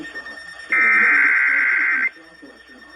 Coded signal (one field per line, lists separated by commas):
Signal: Emergency Alert System (SAME) tones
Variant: header bursts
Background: speech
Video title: SEVERE THUNDERSTORM SAGA! EAS Alerts from January 5, 2025 [EAS #3,541 - #3,645]